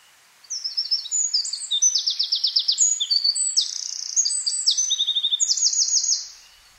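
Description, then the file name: Eurasian wren song: a loud, high, rapid run of sharp notes and fast buzzy trills, lasting nearly six seconds before stopping abruptly, with nothing else heard. "Troglodytes troglodytes"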